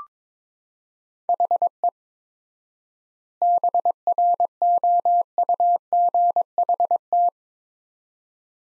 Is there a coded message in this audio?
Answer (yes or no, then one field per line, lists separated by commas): yes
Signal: Morse code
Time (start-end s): 1.3-7.3 s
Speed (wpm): 21 wpm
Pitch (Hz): 700 Hz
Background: none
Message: HE BROUGHT